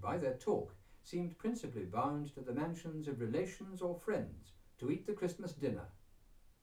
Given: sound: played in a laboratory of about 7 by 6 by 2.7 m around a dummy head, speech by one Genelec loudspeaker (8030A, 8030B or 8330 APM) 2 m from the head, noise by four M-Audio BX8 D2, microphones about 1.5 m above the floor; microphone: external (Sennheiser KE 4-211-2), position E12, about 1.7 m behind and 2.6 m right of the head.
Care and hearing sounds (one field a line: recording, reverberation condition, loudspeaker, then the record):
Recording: male speech in English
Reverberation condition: low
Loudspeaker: 30 degrees to the left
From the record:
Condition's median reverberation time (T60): about 310 ms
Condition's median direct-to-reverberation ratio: about 3.5 dB